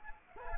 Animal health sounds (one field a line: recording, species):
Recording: mosquito wingbeat signal from an infrared sensor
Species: Anopheles arabiensis